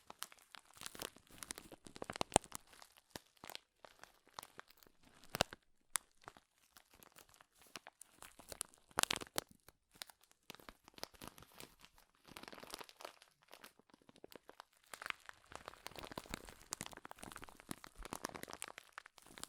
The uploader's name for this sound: Powerful Crinkles